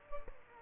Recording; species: mosquito wingbeat signal from an infrared sensor; Culex quinquefasciatus